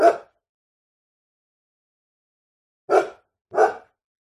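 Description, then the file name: Dog giving a single bark, then a long pause and two quick barks in close succession; nothing else audible. Medium-sized dog barking, close. "zapsplat animals dog"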